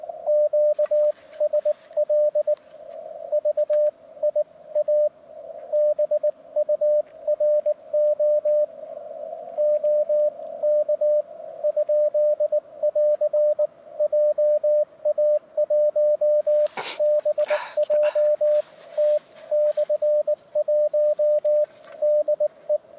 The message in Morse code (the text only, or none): QSL VIA BURO OK ? <AR> JA1BJT/1 DE